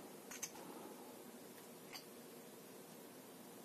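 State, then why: Seated. A power cable connector is plugged into a Baseus monitor light bar lamp, giving a short scrape at 0.3 s and then a sharp, quiet click at 0.4 s as it seats. A faint tick follows near 2.0 s over steady background hiss.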